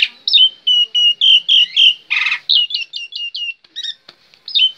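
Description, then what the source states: Black-winged myna song: clear level whistles in a row, a harsh burst, then quick downslurred whistled notes and a final whistle. Singing described as gacor.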